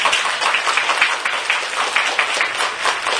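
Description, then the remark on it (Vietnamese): An audience claps steadily for the parents in dense, continuous applause, a bright crackling wash of many hands that holds at a fairly loud level for about three seconds with no voices. “Như con cái, cho các bậc cha mẹ một tràng pháo tay quý vị.”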